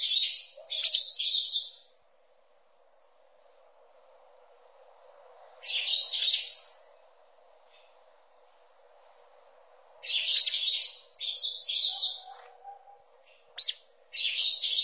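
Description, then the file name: Green-winged saltator delivering warbled whistled phrases in bursts separated by several seconds of quiet, with a quick run of phrases near the end. "canto do bico duro"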